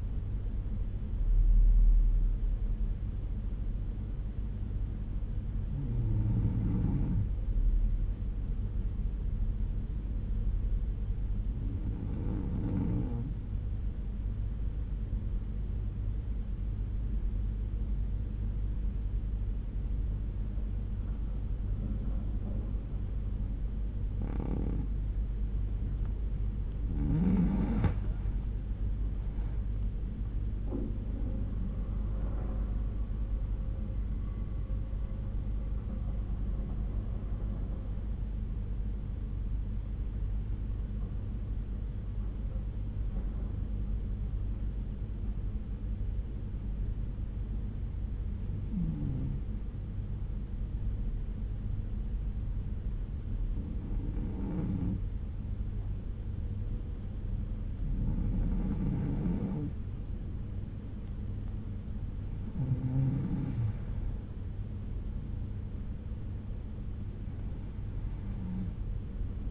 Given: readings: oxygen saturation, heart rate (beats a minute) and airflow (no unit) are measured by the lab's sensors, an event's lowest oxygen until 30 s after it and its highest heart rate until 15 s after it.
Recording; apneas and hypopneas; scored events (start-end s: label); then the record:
breathing in sleep by a smartphone at the bedside; 2
4.00-26.10 s: hypopnea (N2, oxygen 96% highest, then 87% lowest, heart rate 61 at the start, 74 highest)
29.00-59.00 s: new sleep stage, N1 (lightest sleep)
40.00-59.50 s: hypopnea (N1, oxygen 94% highest, then 90% lowest, heart rate 62 at the start, 71 highest)
59.00-69.51 s: new sleep stage, N2 (light sleep)
From the record:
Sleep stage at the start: N2 (light sleep); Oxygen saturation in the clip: 87 to 96%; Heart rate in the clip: 59 to 74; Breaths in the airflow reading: 10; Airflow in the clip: -8.1 to 9.6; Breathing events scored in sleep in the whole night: 368 in 8.0 hours asleep